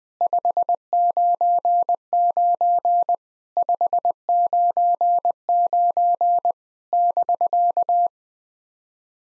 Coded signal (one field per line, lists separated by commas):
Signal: Morse code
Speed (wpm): 20 wpm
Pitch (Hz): 700 Hz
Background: none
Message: 599 599 <BK>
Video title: SOTA QSO Practice 20wpm